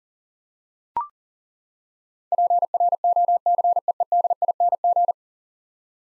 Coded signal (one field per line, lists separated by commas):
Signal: Morse code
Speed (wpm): 40 wpm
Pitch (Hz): 700 Hz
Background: none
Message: PROCEEDING